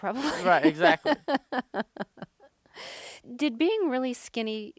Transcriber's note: soundbite of laughter